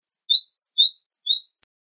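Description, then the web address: Bird calling with a quick series of thin, high chirps, about seven notes in under two seconds, with silence around them. "hekunu bird"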